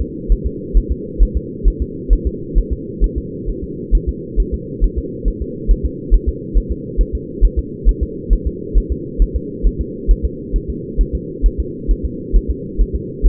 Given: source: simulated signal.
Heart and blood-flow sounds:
fetal heart sounds
0.01 s: S2
0.32 s: S1
0.46 s: S2
0.77 s: S1
0.92 s: S2
1.22 s: S1
1.37 s: S2
1.68 s: S1
1.82 s: S2
2.13 s: S1
2.27 s: S2
2.58 s: S1
2.72 s: S2
3.04 s: S1
3.18 s: S2
3.49 s: S1
3.64 s: S2
3.95 s: S1
4.09 s: S2
4.40 s: S1
4.54 s: S2
4.84 s: S1
4.98 s: S2
5.28 s: S1
5.42 s: S2
5.71 s: S1
5.85 s: S2
6.14 s: S1
6.28 s: S2
6.57 s: S1
6.72 s: S2
7.01 s: S1
7.15 s: S2
7.44 s: S1
7.59 s: S2
7.89 s: S1
8.03 s: S2
8.33 s: S1
8.47 s: S2
8.78 s: S1
8.92 s: S2
9.22 s: S1
9.36 s: S2
9.67 s: S1
9.81 s: S2
10.11 s: S1
10.25 s: S2
10.56 s: S1
10.70 s: S2
11.01 s: S1
11.15 s: S2
11.46 s: S1
11.60 s: S2
11.91 s: S1
12.05 s: S2
12.36 s: S1
12.50 s: S2
12.81 s: S1
12.95 s: S2
13.26 s: S1
From the record:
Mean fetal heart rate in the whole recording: 135 bpm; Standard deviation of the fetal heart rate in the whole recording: 3 bpm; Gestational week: 36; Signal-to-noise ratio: -4.1 dB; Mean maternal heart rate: no maternal heart sound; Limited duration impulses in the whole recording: absent

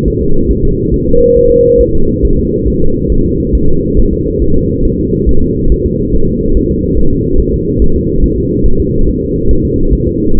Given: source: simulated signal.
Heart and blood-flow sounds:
fetal heart sounds
0.08 s: S1
0.22 s: S2
0.51 s: S1
0.65 s: S2
0.94 s: S1
1.08 s: S2
1.37 s: S1
1.51 s: S2
1.81 s: S1
1.95 s: S2
2.25 s: S1
2.39 s: S2
2.68 s: S1
2.82 s: S2
3.12 s: S1
3.26 s: S2
3.55 s: S1
3.69 s: S2
3.99 s: S1
4.13 s: S2
4.42 s: S1
4.56 s: S2
4.85 s: S1
5.00 s: S2
5.29 s: S1
5.43 s: S2
5.72 s: S1
5.86 s: S2
6.15 s: S1
6.29 s: S2
6.57 s: S1
6.71 s: S2
6.99 s: S1
7.13 s: S2
7.40 s: S1
7.54 s: S2
7.82 s: S1
7.96 s: S2
8.24 s: S1
8.38 s: S2
8.66 s: S1
8.80 s: S2
9.09 s: S1
9.23 s: S2
9.51 s: S1
9.65 s: S2
9.93 s: S1
10.07 s: S2
10.35 s: S1
From the record:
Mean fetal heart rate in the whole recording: 140 bpm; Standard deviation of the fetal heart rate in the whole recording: 2 bpm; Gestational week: 34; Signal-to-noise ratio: -19.1 dB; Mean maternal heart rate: 72 bpm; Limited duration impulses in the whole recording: present

